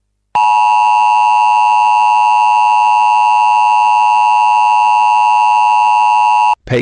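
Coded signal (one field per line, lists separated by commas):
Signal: Emergency Alert System (SAME) tones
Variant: 853 and 960 Hz attention tone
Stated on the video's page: Fictional remastered EAS scenario, made with text-to-speech and editing software.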